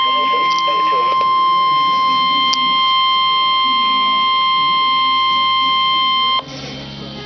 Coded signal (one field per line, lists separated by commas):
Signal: Emergency Alert System (SAME) tones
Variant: 1050 Hz attention tone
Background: speech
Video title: EAS Alert #8 - Severe Thunderstorm Watch 4/3/11